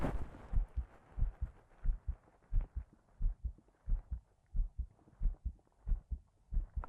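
Steady paired low heart thumps at about 90 beats a minute, heard through a binaural microphone: a normal adult heartbeat at rest, before exercise.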